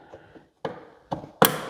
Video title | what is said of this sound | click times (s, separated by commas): BLUETTI EP800 B500 INSTALL - 7600W 120V/240V home Backup | till you hear it snap | 1.5 s